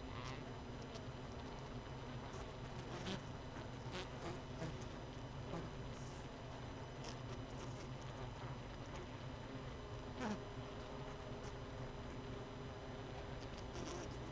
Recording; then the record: honeybee colony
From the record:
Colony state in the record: missing queen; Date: 31 May 2018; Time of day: 18:25